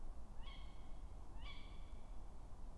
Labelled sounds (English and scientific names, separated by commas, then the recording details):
Tawny Owl (Strix aluco)
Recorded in Germany
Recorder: ecoPi